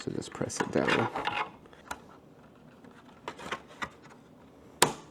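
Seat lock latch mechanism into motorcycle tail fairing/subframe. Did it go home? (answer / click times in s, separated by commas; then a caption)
yes / 4.8 s. A rear seat lock mechanism on a 2017 Suzuki GSX-R is pressed down into the motorcycle's tail fairing, with its prongs pointing downwards into matching indents, while someone talks. Small knocks and handling sounds occur around 1.9, 3.3 and 3.5 seconds, then a sharp click at 4.8 seconds marks the lock seating fully into place.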